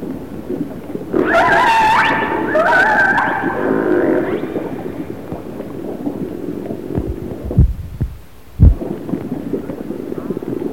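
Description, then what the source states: Orca calls: harmonic, squealing tones in the first few seconds, followed by low rumbling water noise and two short thumps. Resident orcas of the A clan.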